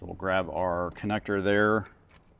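Someone talks while handling the GPS navigation antenna connector for the GPS-labeled port on top of a Sony XAV-AX6000 car stereo, part of a plug-and-play kit install in a 2007–2018 Jeep Wrangler JK. After the talking, only faint low background sound remains. Nothing has seated or clicked yet when the clip ends.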